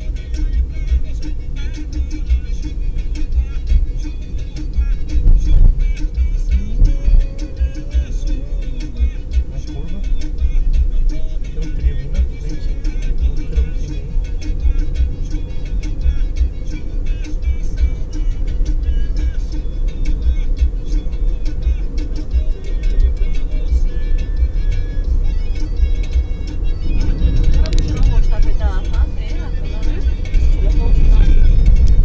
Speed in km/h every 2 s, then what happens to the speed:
35, 35, 35, 39, 40, 40, 44, 48, 52, 54, 57, 61, 63, 65, 65, 66.
0-10 steady at about 35. 10-25 speeds up to 65. 25-32 steady at about 65.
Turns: none.